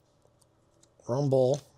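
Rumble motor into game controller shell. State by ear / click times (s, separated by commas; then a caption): not seated / none. A rumble motor is being handled to go back into a plastic Xbox game controller shell, meant to be pushed in until it clicks. Two faint ticks come at about 0.4 and 0.8 seconds, then someone talks from about 1.0 to 1.6 seconds. Nothing has seated or clicked into place yet.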